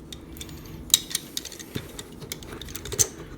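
A plastic combiner limb connector on a Transformers Combiner Wars Computron robot toy, which had not locked in properly, is pushed back into the robot torso socket amid light plastic rattling and clicks. A sharp plastic click at 0.9 s marks the joint snapping into place, and the limb is seated.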